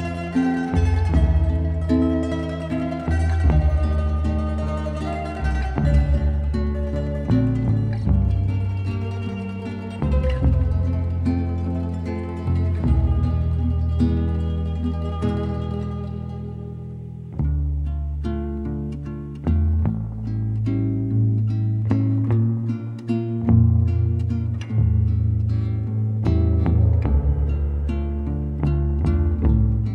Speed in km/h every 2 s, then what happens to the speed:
24, 30, 33, 35, 38, 38, 37, 35, 31, 26, 25, 26, 27, 26, 23.
0-7 speeds up to 38. 11-19 slows to 25. 19-30 steady at about 26.